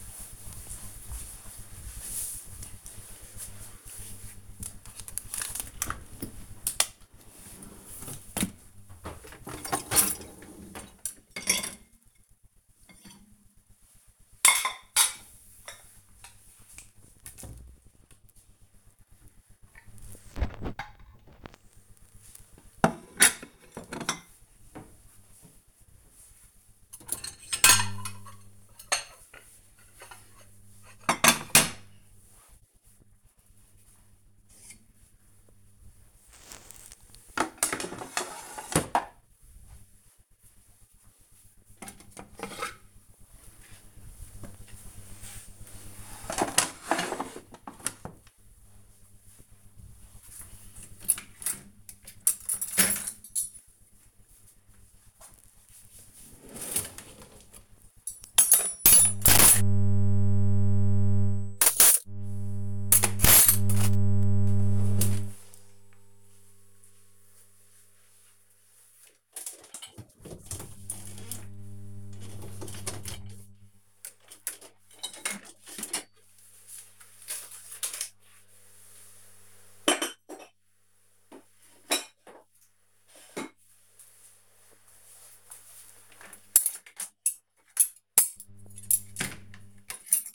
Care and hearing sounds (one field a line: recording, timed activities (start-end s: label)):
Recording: household activities, microphone on the right wrist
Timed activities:
5.35-90.35 s: cleaning out the dishwasher